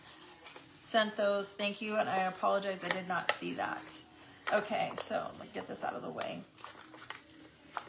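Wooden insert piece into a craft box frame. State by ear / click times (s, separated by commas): seated / 7.8 s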